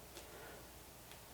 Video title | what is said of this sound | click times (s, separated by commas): Elliedactyl Reid Sew Along - day 5 (finish shirt) | you can hear when you snap them together | 1.1 s